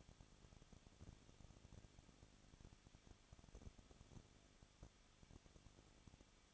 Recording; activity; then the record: daily activity, microphone in the room; no activity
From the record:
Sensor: 4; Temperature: 23.1 degrees Celsius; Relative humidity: 34.3%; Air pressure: 1007.2 hPa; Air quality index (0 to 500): 216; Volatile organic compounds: 15 ppm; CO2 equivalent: 2495 ppm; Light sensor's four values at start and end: 2/3/1/1 and 2/3/1/1